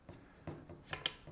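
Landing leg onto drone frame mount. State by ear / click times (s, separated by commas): seated / 1.1 s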